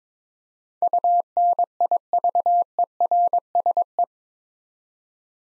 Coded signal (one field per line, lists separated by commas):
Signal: Morse code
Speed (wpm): 22 wpm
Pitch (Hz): 700 Hz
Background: none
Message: UNIVERSE